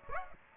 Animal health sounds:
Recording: mosquito wingbeat signal from an infrared sensor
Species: Aedes aegypti

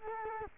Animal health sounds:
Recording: mosquito wingbeat signal from an infrared sensor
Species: Culex quinquefasciatus

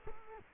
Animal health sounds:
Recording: mosquito wingbeat signal from an infrared sensor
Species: Culex quinquefasciatus

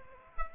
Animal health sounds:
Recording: mosquito wingbeat signal from an infrared sensor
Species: Aedes aegypti

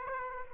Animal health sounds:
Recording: mosquito wingbeat signal from an infrared sensor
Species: Aedes aegypti

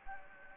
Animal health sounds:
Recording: mosquito wingbeat signal from an infrared sensor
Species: Anopheles gambiae

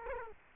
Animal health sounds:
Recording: mosquito wingbeat signal from an infrared sensor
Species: Culex quinquefasciatus

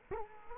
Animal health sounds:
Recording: mosquito wingbeat signal from an infrared sensor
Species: Culex quinquefasciatus

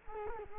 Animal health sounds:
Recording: mosquito wingbeat signal from an infrared sensor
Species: Culex quinquefasciatus

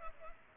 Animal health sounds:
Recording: mosquito wingbeat signal from an infrared sensor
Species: Culex pipiens

